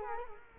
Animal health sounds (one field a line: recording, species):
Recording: mosquito wingbeat signal from an infrared sensor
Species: Culex quinquefasciatus